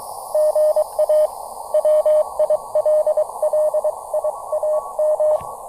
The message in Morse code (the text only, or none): GA WILLIAM